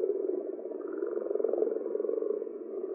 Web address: Common or Grass Frog